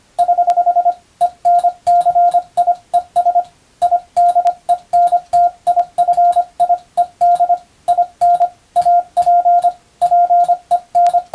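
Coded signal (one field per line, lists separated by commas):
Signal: Morse code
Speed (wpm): 25 wpm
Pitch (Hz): 700 Hz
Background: radio noise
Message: <HH> ENCIES IDENTIFIED IN APPEN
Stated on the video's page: Morse practice in the style of the Japanese radiotelegraph operator exam, using English-language telegram practice texts, keyed for receiving practice.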